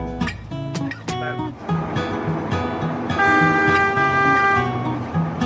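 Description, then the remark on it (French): An autoferro rail-bus in Ecuador: its engine rumbles and clatters steadily while its horn gives a few short toots, then a long, loud, steady blast in a bright, reedy tone before cutting off. “Vous êtes monté à bord d'un train-bus autoferro et vous êtes allé tout naturellement discuter avec le chauffeur.”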